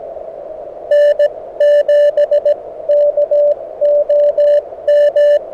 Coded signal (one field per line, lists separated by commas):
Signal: Morse code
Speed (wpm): 17 wpm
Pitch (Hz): 590 Hz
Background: none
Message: N7KOM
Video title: Beginner Morse Code SOTA Practice | Cooper Mountain | Summits on the Air